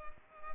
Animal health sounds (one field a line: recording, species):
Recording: mosquito wingbeat signal from an infrared sensor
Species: Culex pipiens